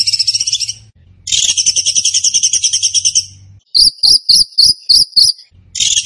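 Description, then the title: Bird song: rough, high pulsed trills, then a series of six spaced, ringing double-toned chirps, and another trill. Masteran training recording of bird song in the tembakan gacor style. "Masteran Burung Tembakan Gacor"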